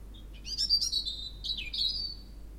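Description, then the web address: European robin singing a short, high, sweet warbling phrase of clustered notes and thin whistles. "Spev Vtakov cervienka"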